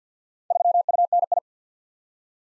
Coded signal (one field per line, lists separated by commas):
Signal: Morse code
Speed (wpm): 52 wpm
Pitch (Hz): 700 Hz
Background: none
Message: 3UNI